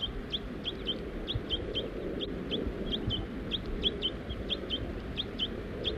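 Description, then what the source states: Crossbill calls, short sharp high notes repeated in a quick irregular series, some doubled, against a faint low background hum. Juveniles and the rest of the family perched in Virginia pines at the edge of a grove.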